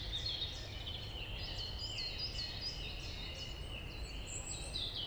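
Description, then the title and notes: Song Thrush singing a quick series of repeated, similar phrases over steady low background noise. Singing in the Forêt domaniale du Montcel, a large state forest frequented by thrushes and many other birds, Route Forestière de la Meunaz, Montcel, Savoie, France. "Rte Forestière de la Meunaz, 73100 Montcel, France - Grive musicienne. Forêt domaniale du Montcel, vaste espace forestier , fréquenté par les grives et de nombreux oiseaux. La cloche du Montcel"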